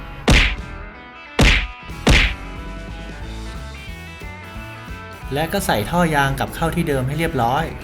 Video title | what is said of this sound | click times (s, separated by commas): ติดกล้องหน้ารถง่ายๆด้วยตัวเอง ยี่ห้อ70mai A800S Dash Cam 4K | แล้วก็ใช้มือออกแรงกดเบาๆ เพื่อให้เข้าล็อค | 0.3 s, 1.4 s, 2.1 s